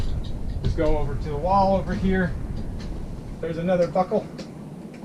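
Someone talks while handling the seatbelt-style buckle tongue on a child safety net, bringing it toward its mate buckle mounted on the wall, with brief handling knocks near 0.3 and 0.7 seconds. Nothing has seated or clicked yet.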